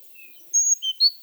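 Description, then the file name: Great tit call: three thin whistled notes in quick succession, a long high one, then a lower one and a middle one. "Parus major"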